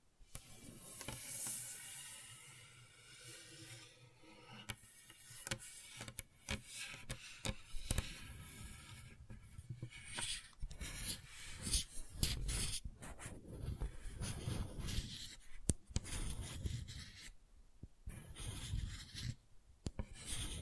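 Gentle scratching and rubbing runs through the whole stretch, made of dense, irregular strokes that scrape and rasp like a pen or fingernail on a surface. Soft, sharp clicks and taps break in now and then, especially in the second half, over a faint low rumble.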